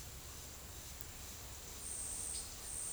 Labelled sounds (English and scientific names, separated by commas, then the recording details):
none
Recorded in secondary vegetation near Puerto Asís, Putumayo, Colombia, on 26 December 2024 at 08:30
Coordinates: 0.489, -76.322
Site G059